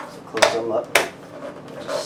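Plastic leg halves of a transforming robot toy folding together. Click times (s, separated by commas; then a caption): 0.4 s. The plastic leg halves of a large transforming robot toy are folded closed during transformation and snap together, with sharp clicks at 0.4 s and 0.4 s, so the legs are seated in place. A second bright knock follows near 0.9 s, and someone talks throughout.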